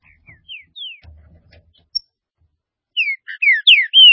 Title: Trinca Ferro